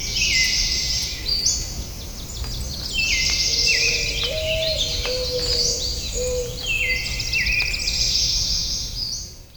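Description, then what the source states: Birds calling at once, high chirps and trills overlapping throughout, with a lower whistled note midway, over steady background noise. At dawn in California, USA.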